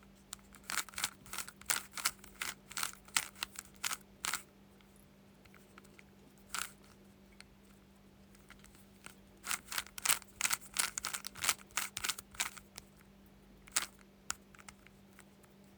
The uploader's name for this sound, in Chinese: 拧魔方